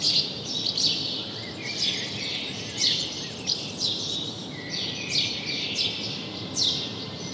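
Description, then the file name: House sparrow chirping, bright clipped notes spaced about every half to one second, over a steady noisy background with a thin lower whistled note near the end. "Passer domesticus"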